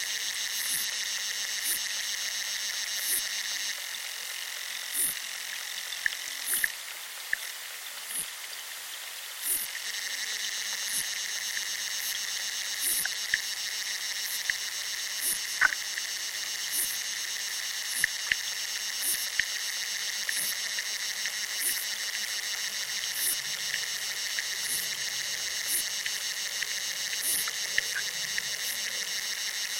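Underwater life in a chalk river: a steady bright hiss with a regular ticking pulse, scattered sharp clicks and pops, briefly dropping out around seven seconds.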